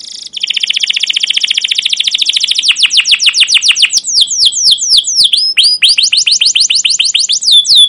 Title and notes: CUIT CUIT NGEROL LANGSUNG GACOR PANJANG Kenari. PANCINGAN Kenari GACOR PANJANG Cuit CUIT EMOSI. MASTERAN Kenari PAUD belajar BUNYI. burung kenari